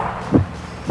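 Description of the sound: That is actually a man's heart beating. As he blasted off as part of the Mercury program he was aboard the Friendship 7.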